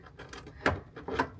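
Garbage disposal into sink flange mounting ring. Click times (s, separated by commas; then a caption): 0.7 s. A garbage disposal is turned with channel-lock pliers onto its sink flange mounting ring until the metal ring locks into place. A sharp metallic click at 0.7 s stands out above low scraping and handling noise, followed by another grinding turn and a second knock near 1.2 s. The mounting ring is locked in and tight on all sides.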